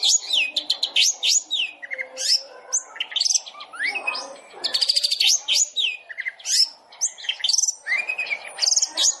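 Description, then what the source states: Long-tailed shrike song: a fast, varied jumble of high chirps, sharp upslurred whistles and buzzy trills, with a few lower warbled notes in between. Long-tailed shrike song used as masteran, training material for other shrikes; described as full tembakan, rapid burst-style song.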